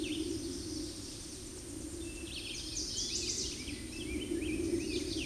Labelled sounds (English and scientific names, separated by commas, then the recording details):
Chestnut-sided Warbler (Setophaga pensylvanica) song
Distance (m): 35 m
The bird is about 5 m above the microphone
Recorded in a Pennsylvania forest on 16 May 2024 at 08:59
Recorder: AudioMoth, point MSD-2083
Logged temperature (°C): 16.7 °C
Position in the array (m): 117 m, -0 m